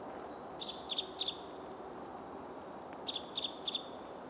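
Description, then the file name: Great tit giving short groups of sharp, high doubled notes, two clusters about two seconds apart, with a thin whistle between and steady hiss behind. "Parus major"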